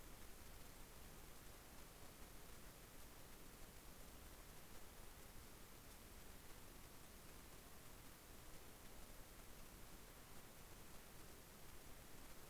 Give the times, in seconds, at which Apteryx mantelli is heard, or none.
none